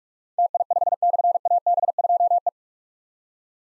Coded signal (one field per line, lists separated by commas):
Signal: Morse code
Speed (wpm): 44 wpm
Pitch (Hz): 700 Hz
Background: none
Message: TI5/AB2E